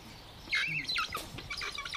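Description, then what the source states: Weka begging calls: a run of squeaky, quick chirps. Recently fledged juvenile begging for food; retired farm, south side of Pelorus Inlet, Marlborough Sounds.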